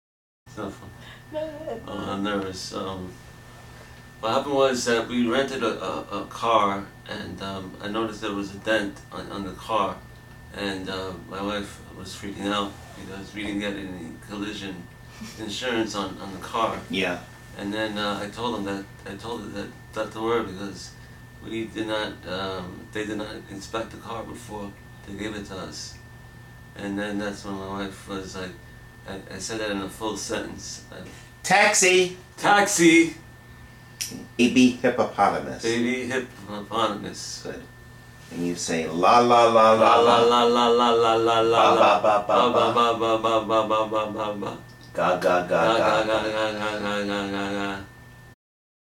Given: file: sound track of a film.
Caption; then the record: On pramipexole 3 mg/day. Significant improvement of dysarthria and risus sardonicus with greater facial expressivity are observed.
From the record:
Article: Dramatic Response to Pramipexole in Delayed-Onset Parkinsonism from Osmotic Demyelinating Syndrome